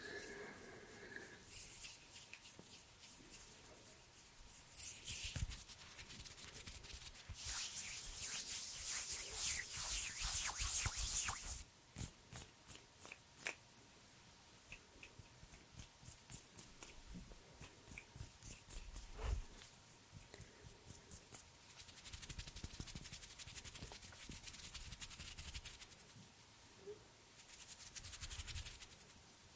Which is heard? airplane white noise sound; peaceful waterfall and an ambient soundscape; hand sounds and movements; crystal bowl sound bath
hand sounds and movements